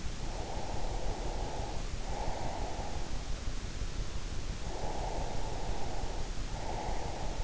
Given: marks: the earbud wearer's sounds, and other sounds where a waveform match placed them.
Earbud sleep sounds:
sounds in sleep by an in-ear microphone; breath
0.25-2.90 s: breath
4.79-7.44 s: breath

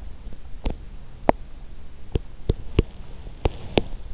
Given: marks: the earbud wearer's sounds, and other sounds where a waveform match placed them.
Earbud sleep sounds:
sounds in sleep by an in-ear microphone; teeth grinding
0.37-4.14 s: teeth grinding

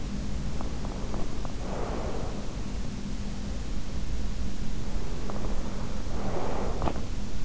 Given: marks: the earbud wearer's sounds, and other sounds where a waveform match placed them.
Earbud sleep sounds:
sounds in sleep by an in-ear microphone; breath
0.06-2.57 s: breath
4.95-7.45 s: breath

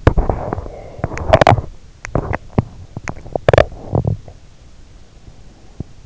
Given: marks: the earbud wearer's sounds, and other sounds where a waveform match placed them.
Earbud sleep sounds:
sounds in sleep by an in-ear microphone; teeth grinding
0.00-6.03 s: teeth grinding

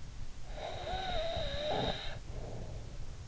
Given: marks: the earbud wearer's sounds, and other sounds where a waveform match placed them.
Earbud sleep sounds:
sounds in sleep by an in-ear microphone; snoring breath
0.22-3.22 s: snoring breath

